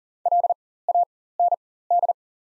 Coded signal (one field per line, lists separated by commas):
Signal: Morse code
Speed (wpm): 37 wpm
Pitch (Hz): 700 Hz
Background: none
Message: LAND